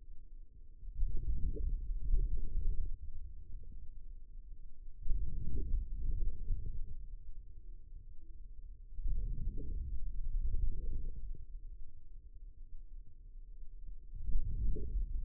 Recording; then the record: forearm muscle sounds (acoustic myography)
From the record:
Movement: outward rotation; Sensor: system 2, bracelet of six BSWA MPA416 microphones around the upper forearm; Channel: 4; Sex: male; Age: 22 years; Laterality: right